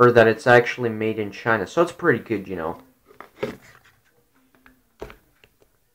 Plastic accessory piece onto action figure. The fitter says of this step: see if this thing snaps on oh it didn't snap on but still you can see that that's a broken piece right there